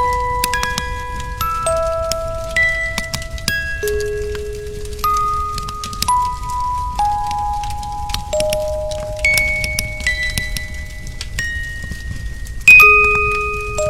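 Wind chimes and a music box ring out in bright, scattered single notes, each tone hanging and slowly fading. The strikes come irregularly, a few per second, over a soft low rumble that fills the background, with a louder cluster of notes near the end.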